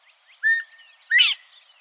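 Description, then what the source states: Northern Bobwhite call: a short steady whistled note, then a note rising sharply upward, two notes in all. Northern Bobwhite, a small quail; its call is the source of its name; the recording was made in Texas.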